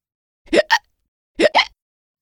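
Two hiccups in a row, each a short, sharp voiced catch. Hiccups come from the diaphragm, the big muscle at the bottom of the chest that helps us breathe, and once started they can be hard to stop.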